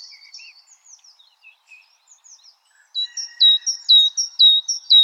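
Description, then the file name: Great tit song: soft scattered chirps, then loud, clear two-note phrases repeating rapidly in the last two seconds. "Parus major"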